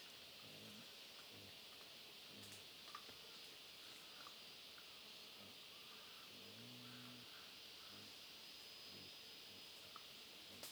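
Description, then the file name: Wild boar giving a longer low harmonic grunt midway, plus short soft grunts and snaps, under a continuous high buzzing of insects. Family of wild boar feeding on acorns, Huairou District, 11 August 2022, 07:13. "2022-08-11-0713-Wild-Boar-family-feeding-on-acorns-Huairou-District"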